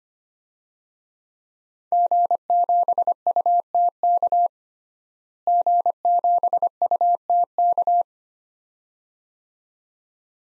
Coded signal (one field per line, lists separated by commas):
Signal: Morse code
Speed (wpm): 25 wpm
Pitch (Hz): 700 Hz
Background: none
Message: G7UTK G7UTK